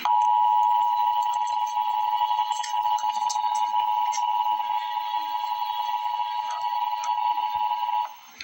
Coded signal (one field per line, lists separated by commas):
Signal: Emergency Alert System (SAME) tones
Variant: 853 and 960 Hz attention tone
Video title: Emergency Alert System - Tornado Watch - Apr 2, 2025 at 9:16 PM EDT